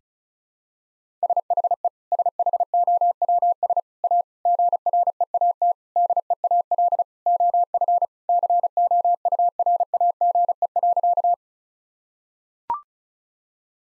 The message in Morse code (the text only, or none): SHE SHOWS A GREAT DEAL OF COURAGE.